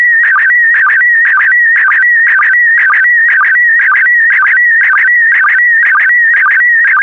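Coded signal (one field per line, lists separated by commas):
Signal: SSTV (slow-scan television)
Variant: PD120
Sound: warbling, buzzing tone with a rhythmic lower blip about twice per second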